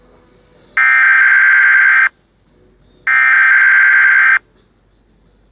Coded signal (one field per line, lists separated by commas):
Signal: Emergency Alert System (SAME) tones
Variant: header bursts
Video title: EAS Scenario : The end of North America [Scale-9 Asteroid Scenario]